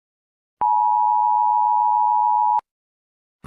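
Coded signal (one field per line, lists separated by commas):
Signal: Emergency Alert System (SAME) tones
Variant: 853 and 960 Hz attention tone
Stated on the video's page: Simulated EAS tones from a scenario.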